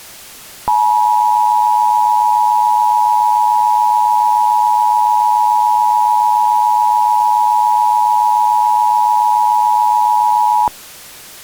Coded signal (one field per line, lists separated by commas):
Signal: Emergency Alert System (SAME) tones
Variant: 853 and 960 Hz attention tone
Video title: EAS Scenario - Vampire Hunters (Part 1)